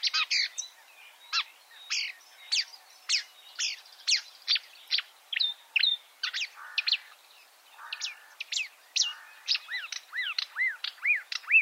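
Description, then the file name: Marsh warbler song made of varied sharp notes and slurs, with brief rough buzzes in the middle and downward-curving whistles near the end. Chirping song. "suara kicauan burung marsh warbler. omkicau"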